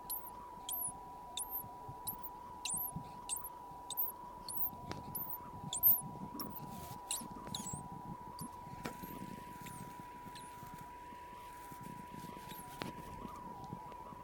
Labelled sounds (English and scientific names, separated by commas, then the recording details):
Hazel Dormouse (Muscardinus avellanarius)
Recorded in captivity
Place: Zoologisches Institut der HUB, Berlin, DE
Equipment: R 20/2
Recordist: TSA
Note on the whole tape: Laute bei künstlicher Unterbrechung bzw. Störung des Winterschlafes (im Terrarium). Wahrscheinlich im Winter 1968/69